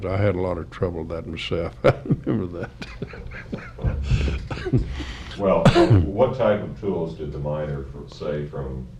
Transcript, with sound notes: I had a lot of trouble with that myself. I remember that. [laughs]
Well, what type of tools did the miners, let’s say, from